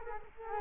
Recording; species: mosquito wingbeat signal from an infrared sensor; Culex quinquefasciatus